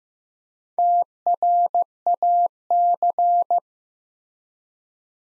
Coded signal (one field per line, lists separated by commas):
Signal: Morse code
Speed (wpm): 15 wpm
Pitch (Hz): 700 Hz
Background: none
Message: TRAC